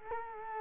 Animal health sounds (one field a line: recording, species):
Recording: mosquito wingbeat signal from an infrared sensor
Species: Culex quinquefasciatus